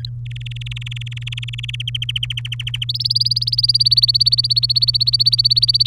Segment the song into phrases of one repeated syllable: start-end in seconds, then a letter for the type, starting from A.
0.05-0.10 A, 0.25-1.76 B, 1.80-2.84 C, 2.89-5.86 D